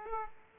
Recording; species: mosquito wingbeat signal from an infrared sensor; Aedes aegypti